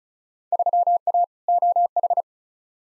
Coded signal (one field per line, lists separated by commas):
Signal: Morse code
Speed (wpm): 34 wpm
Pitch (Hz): 700 Hz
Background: none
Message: 3A OH